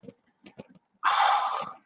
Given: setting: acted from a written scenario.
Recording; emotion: vocal sound without words; romantic love